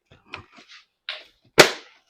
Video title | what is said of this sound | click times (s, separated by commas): Sony Playstation 5 - Unboxing Internal Storage - Expansion Guide - Tamil | lock ஆயிடுச்சு உங்களுக்கு அந்த கிளிக்னு ஒரு சவுண்ட் வரும் | 1.1 s